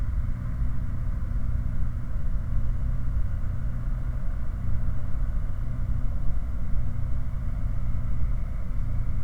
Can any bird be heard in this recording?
no